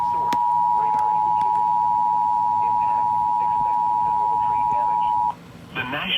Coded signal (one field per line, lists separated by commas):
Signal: Emergency Alert System (SAME) tones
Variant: 853 and 960 Hz attention tone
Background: speech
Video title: EAS Severe Thunderstorm Warning on TV for Indiana (7/28/2023) EAS #299.1